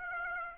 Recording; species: mosquito wingbeat signal from an infrared sensor; Aedes aegypti